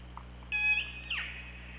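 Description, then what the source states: Killer whale calls: a brief loud, steady, harmonic-rich tone, then a quick descending squeal, above a faint low hum. OrcaLab hydrophone, 24 August 2017, 21:26.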